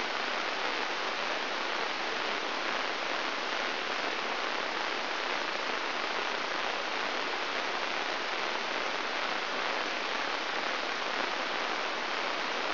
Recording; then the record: brain microelectrode recording played as sound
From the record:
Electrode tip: inside the subthalamic nucleus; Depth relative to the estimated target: 0 mm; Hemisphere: right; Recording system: AlphaMap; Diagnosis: Parkinson's disease